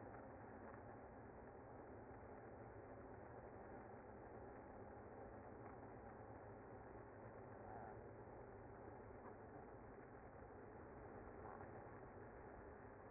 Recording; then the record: honeybee colony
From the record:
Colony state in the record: active